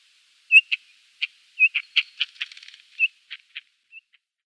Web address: Schulze Peter Rufous-tailed Rock-Thrush calls